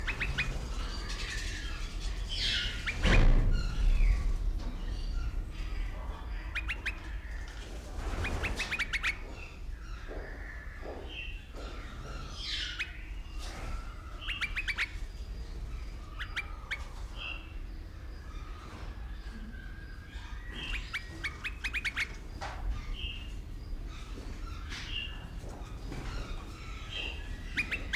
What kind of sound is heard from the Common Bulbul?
call